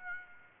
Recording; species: mosquito wingbeat signal from an infrared sensor; Aedes aegypti